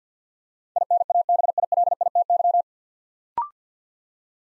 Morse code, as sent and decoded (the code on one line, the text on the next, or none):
.. -. .- -... .. .-.. .. - -.--
INABILITY